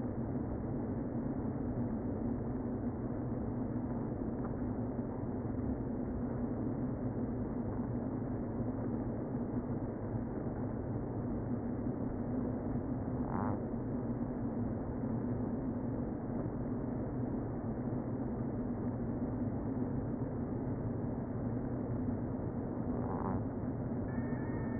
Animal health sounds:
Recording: honeybee colony, microphone inside the hive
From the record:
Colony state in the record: queen present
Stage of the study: before two queens were removed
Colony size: about 60,000 bees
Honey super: yes

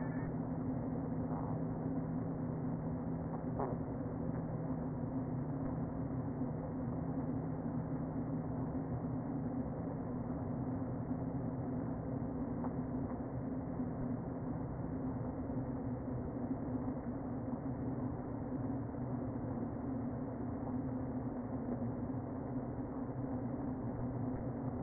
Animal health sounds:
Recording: honeybee colony, microphone inside the hive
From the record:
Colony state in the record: queen present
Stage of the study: before two queens were removed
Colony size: about 60,000 bees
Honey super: yes

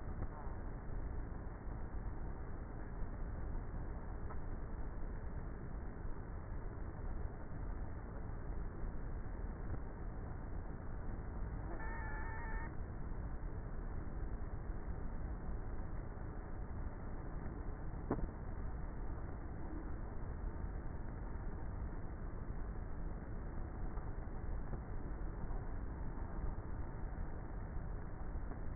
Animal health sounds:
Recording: honeybee colony, microphone inside the hive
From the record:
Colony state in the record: queenless with a low population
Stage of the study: before two queens were removed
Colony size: about 30,000 bees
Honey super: no

